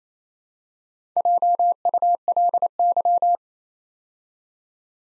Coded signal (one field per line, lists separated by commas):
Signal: Morse code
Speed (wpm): 28 wpm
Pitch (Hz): 700 Hz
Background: none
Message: JULY